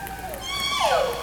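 Whale call, a harmonic tonal cry that holds steady and then sweeps smoothly downward, with a fainter earlier descending tone.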